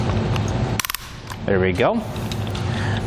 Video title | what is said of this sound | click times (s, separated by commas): etrailer - Yakima Roof Rack Review - 2016 Jeep Cherokee | we hear the audible clicks from our tightening tool letting us know it's tight enough there | 0.8 s, 0.9 s, 1.0 s